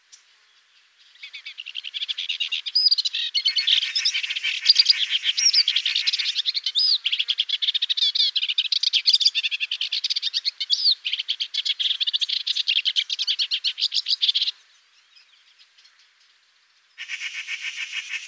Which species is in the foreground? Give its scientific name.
Iduna rama